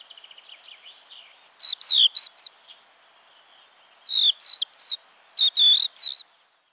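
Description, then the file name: Crested lark calling with a faint quick series of notes at first, then three bursts of clear, liquid whistles that rise and fall, separated by short pauses. "DZIERLATKA"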